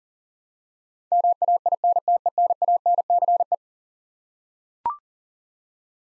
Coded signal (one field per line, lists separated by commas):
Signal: Morse code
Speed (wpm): 40 wpm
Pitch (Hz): 700 Hz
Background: none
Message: MAINTENANCE